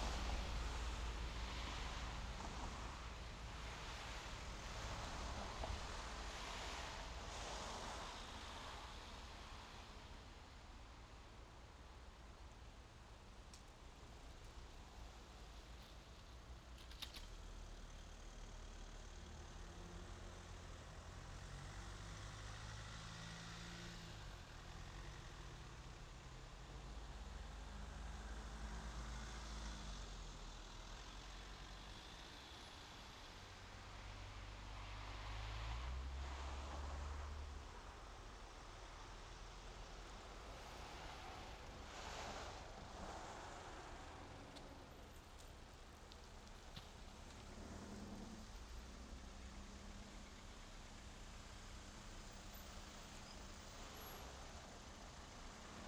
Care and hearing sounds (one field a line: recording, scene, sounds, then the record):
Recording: everyday scene through a hearing-aid microphone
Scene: in traffic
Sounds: traffic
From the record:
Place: main road on the outskirts, rush hour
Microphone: in the ear canal, left